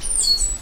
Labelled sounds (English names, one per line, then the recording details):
Stitchbird song
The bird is a male
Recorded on Tiritiri Matangi Island, New Zealand, in 2005
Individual 10, of nest box 12